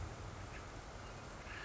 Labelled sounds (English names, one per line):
Acorn Woodpecker